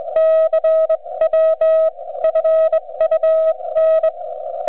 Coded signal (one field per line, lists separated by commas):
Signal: Morse code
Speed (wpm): 22 wpm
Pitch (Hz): 640 Hz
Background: none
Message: CW FUN